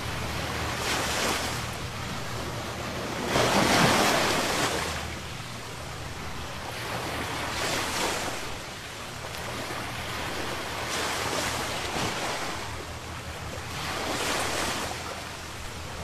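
Sea waves wash in steady rolling surges every few seconds, loudest near four seconds, over a constant low rumble and light wind.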